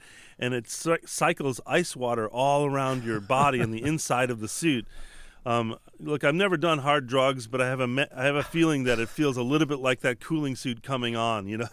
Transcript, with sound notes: And it cycles ice water all around your...
(Laughter).
...Body and the inside of the suit. Look. I've never done hard drugs, but I have a feeling that it feels a little bit like that cooling suit coming on, you know?